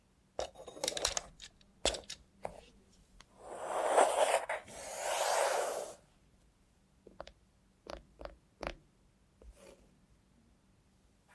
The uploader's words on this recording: Try ASMR with a Robot Hand (No Talking).